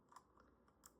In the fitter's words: Just like that. And it should click. And now you can see that it won't fall out.